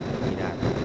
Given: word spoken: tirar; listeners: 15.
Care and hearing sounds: one Spanish word in noise, from a listening test; noise modulated by three-talker babble; -6.7 dB; 2 of 15; 8 of 15; 0.45 s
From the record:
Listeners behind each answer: 8, 3, 2, 1, 1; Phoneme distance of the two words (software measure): 10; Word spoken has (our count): 2 syllables, 5 phonemes, stress on syllable 2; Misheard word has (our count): 2 syllables, 5 phonemes, stress on syllable 2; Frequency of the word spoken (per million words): 14.26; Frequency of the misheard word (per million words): 49.50

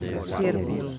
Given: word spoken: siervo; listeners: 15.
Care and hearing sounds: one Spanish word in noise, from a listening test; eight-talker babble; -1.2 dB; 1 of 15; 10 of 15; 0.59 s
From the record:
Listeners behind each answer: 10, 4, 1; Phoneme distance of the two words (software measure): 7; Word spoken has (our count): 2 syllables, 6 phonemes, stress on syllable 1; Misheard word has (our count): 2 syllables, 7 phonemes, stress on syllable 1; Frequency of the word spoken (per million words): 1.80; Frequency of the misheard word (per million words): 2.18

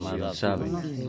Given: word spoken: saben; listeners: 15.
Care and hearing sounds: one Spanish word in noise, from a listening test; four-talker babble; 0.2 dB; 0 of 15; 10 of 15; 0.70 s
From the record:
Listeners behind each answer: 10, 1, 1, 1, 1, 1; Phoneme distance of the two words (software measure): 7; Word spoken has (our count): 2 syllables, 5 phonemes, stress on syllable 1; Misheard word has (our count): 2 syllables, 4 phonemes, stress on syllable 1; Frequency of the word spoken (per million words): 54.61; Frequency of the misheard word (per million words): 205.54

